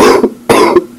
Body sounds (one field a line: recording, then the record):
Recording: coughing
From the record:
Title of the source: Coughing 77